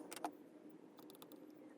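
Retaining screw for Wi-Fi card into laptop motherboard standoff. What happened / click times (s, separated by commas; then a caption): Small screw handled and positioned, no seating click / none. The original small retaining screw is picked up and positioned over the mounting hole of a new AX201NGX Wi-Fi card, to be reused for driving it into the laptop motherboard standoff. Light metallic taps and ticks come from the screw and tools being handled, around 0.1–0.3 s and 1.0–1.3 s, with one more tick at the very end. The screw is only lined up before driving and nothing has seated or clicked yet.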